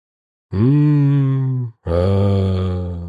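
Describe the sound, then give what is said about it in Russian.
Low, droning moans from a small group of three or four people sitting on the ground, in unison, held as two long, loud, steady tones separated by a brief breath-like gap, with no words spoken. “Они собирались в небольшие группы по 3-4 человека, сидели на земле и мычали что-то в унисон.”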